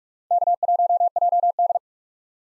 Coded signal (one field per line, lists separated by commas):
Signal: Morse code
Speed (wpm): 46 wpm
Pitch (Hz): 700 Hz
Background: none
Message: K1JD